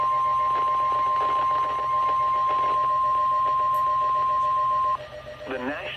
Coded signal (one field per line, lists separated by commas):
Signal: Emergency Alert System (SAME) tones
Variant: 1050 Hz attention tone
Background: speech